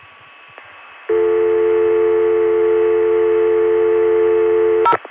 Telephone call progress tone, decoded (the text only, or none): dial tone